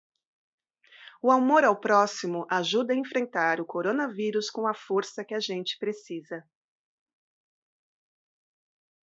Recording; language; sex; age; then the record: spoken sentence; Brazilian Portuguese; female; 40 to 49 years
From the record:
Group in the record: control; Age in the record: 45 years